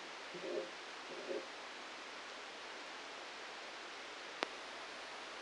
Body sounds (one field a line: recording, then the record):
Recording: brain microelectrode recording played as sound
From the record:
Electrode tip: outside the subthalamic nucleus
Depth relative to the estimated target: 1 mm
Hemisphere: right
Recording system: NeuroSet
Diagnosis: Parkinson's disease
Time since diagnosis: 9 years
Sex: male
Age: 56 years